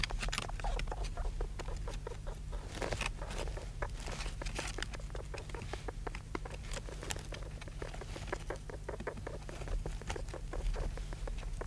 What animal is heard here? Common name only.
European Mole